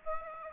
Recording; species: mosquito wingbeat signal from an infrared sensor; Aedes aegypti